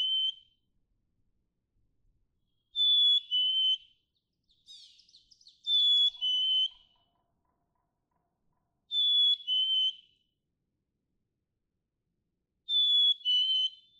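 Black-capped chickadee singing its two-note whistled phrase, falling slightly in pitch, four times after the end of an earlier one; a short buzzy chatter slips in between songs.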